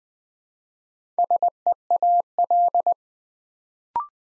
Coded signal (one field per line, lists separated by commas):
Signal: Morse code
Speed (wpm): 20 wpm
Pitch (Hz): 700 Hz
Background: none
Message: SEAL